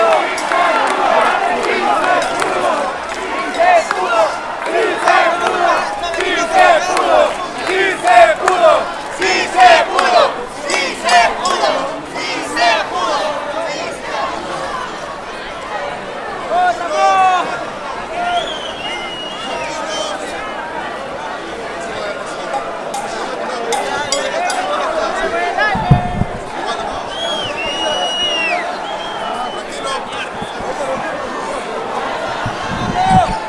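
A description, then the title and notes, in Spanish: Crowd noise at a popular mobilization after the announced closure of Peru's Congress: many voices talking and shouting at once in a dense, continuous din. The first twelve seconds are louder and busier, then the crowd settles into steadier chatter, with a few brief thuds near 26 seconds. Movilización popular por el anuncio del cierre del Congreso de la República del Perú.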